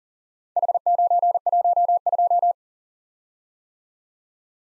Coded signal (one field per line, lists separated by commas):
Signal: Morse code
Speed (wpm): 37 wpm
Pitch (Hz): 700 Hz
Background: none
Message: H912